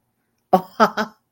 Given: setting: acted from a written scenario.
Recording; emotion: vocal sound without words; realization